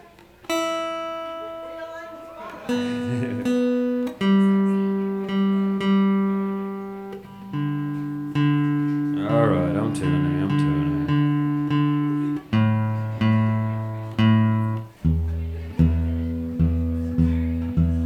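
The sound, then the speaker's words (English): A stringed instrument is being tuned on stage: rich, ringing plucked notes sound one after another, each sustaining, with the pitch stepping lower and repeated strikes toward the end. No voices are heard. “I've got new family in the room, so I'm tuning for them.”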